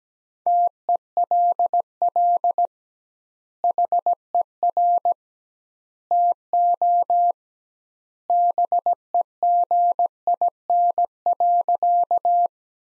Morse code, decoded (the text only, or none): TELL HER TO BEGIN.